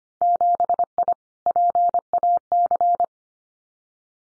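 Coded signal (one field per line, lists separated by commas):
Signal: Morse code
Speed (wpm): 25 wpm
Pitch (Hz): 700 Hz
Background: none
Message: 7I PAC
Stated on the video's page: Morse head-copy drill of randomly chosen Winter Field Day contest exchanges at 25 wpm, each sent, spoken, then sent again.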